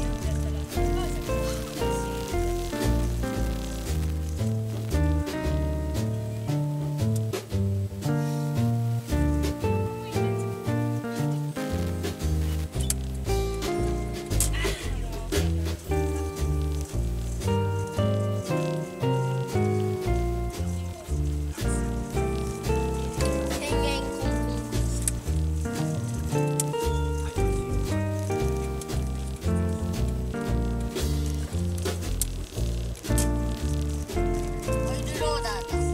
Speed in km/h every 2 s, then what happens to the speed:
25, 22, 17, 7, 5, 7, 13, 16, 18, 19, 21, 24, 25, 20, 18, 18, 19, 21.
0-7 slows to 5. 7-23 speeds up to 25. 23-28 slows to 18. 28-36 steady at about 18.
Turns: none.